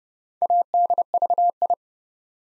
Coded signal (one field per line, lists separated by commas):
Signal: Morse code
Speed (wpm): 29 wpm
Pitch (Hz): 700 Hz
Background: none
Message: ADVI